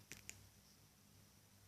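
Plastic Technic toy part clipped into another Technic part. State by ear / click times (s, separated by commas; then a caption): seated / 0.1 s, 0.3 s. A plastic Technic toy part is pushed into another Technic part to show how it differs from plain stacking bricks. Two sharp clicks are heard at 0.1 s and 0.3 s, then only low background hum. The part clips in and is seated.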